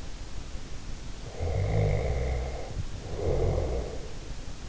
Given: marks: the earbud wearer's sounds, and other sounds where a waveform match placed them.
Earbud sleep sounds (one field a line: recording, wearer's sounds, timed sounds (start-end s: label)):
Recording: sounds in sleep by an in-ear microphone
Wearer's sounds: snoring breath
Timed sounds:
1.33-4.13 s: snoring breath